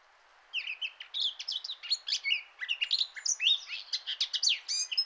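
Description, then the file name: Eurasian blackcap warbling song that starts after a half-second quiet, a dense run of quick chattering and whistled notes over a soft background hiss. "Sylvia atricapilla"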